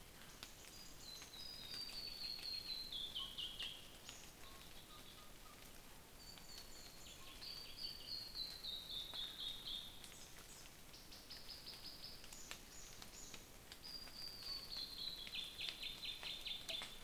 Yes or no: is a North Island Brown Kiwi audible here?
no